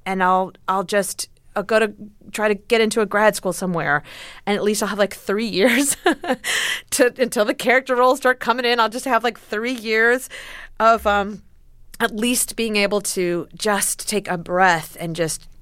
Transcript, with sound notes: And I'll just go to try to get into a grad school somewhere. And at least I'll have, like, three years (laughter) until the character roles start coming in. And I'll just have, like, three years of at least being able to just take a breath and just